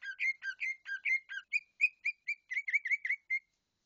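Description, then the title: Bird song of a fast run of chirps, bunching more tightly near the end before stopping. "SuaraBurung Kicau6"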